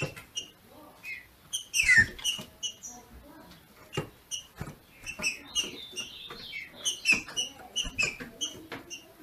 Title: FÊ MEA DE TRINCA FERRO MACHEANDO PARA ESQUENTAR O MACHO